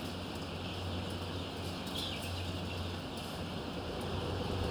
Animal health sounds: poultry house recording; healthy chickens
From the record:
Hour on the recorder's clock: 18

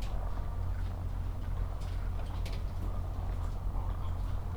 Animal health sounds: poultry house recording; sick chickens (respiratory disease)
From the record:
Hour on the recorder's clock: 8

